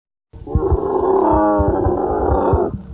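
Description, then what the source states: Camel roar, one long harsh gurgling bellow of about two seconds with a rough pulsing throb, holding steady before cutting off. Male camel expressing displeasure at being among thousands of camels, horses and cattle traded at the annual camel fair, outskirts of Pushkar, Rajasthan, India, desert town, 7 January 2009.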